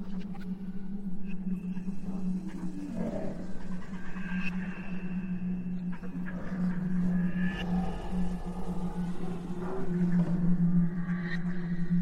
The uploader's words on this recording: Alien planet | Exoplanet Ambience.